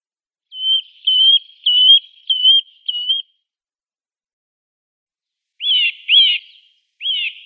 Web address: Schulze Peter Eurasian Nuthatch song